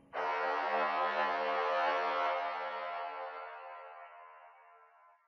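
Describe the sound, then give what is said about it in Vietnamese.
At night, a single long vehicle horn blast holds one steady, brassy, harmonic-rich tone for about five seconds, then slowly fades out. No voices accompany it. “Màn đêm tĩnh mịch lạ thường, chỉ có tiếng còi xe thi thoảng lại hú lên từng hồi.”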